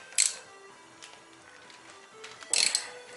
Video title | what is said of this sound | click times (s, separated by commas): How to remove a 1.8T Engine Head DIY S4 EP4 | great, it's just stripped. | 2.5 s